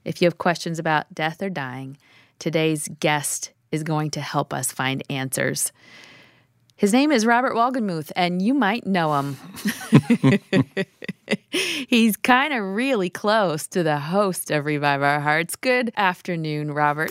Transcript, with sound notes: If you have questions about death or dying, today’s guest is going to help us find answers. His name is Robert Wolgemuth, and you might know him. (laughter.) He’s kind of really close to the host of Revive Our Hearts. Good afternoon, Robert.